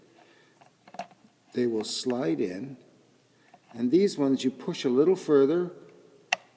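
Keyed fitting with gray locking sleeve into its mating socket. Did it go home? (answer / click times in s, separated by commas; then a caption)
yes / 6.3 s. A keyed fitting with a small gray locking sleeve is rotated to find its keyway, slid into its mating socket, and pushed a little further while someone talks. The gray sleeve snaps into place with a single sharp click at 6.3 s, and the fitting is seated.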